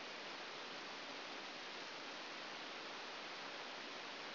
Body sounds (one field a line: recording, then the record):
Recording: brain microelectrode recording played as sound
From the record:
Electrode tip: outside the subthalamic nucleus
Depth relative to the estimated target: -4 mm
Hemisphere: left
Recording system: AlphaMap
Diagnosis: Parkinson's disease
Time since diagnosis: 12 years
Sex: male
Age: 57 years